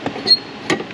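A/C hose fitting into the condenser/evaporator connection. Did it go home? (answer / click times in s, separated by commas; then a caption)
yes / 0.7 s. An A/C refrigerant hose fitting on a Dodge Ram 2500 5.9 Cummins, whose A/C blows hot, is slid in and pushed into the condenser/evaporator connection before the mounting screws go back in. A faint tap comes at 0.1 s, then a sharp, bright click at 0.7 s as the fitting seats, followed by a softer tick at 0.9 s. The fitting is seated.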